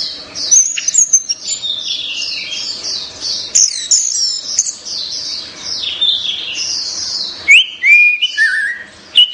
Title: Anis Merah